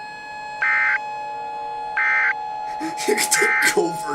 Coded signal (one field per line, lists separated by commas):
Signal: Emergency Alert System (SAME) tones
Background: speech